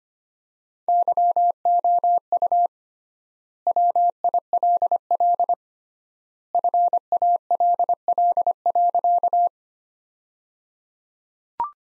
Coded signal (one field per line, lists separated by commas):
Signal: Morse code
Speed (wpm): 25 wpm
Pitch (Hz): 700 Hz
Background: none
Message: YOU WILL FALL.